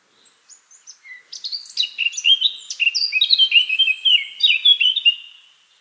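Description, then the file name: Eurasian blackcap song: scattered soft chips lead into a dense run of melodious whistles and warbled notes before fading away. "Sylvia atricapilla"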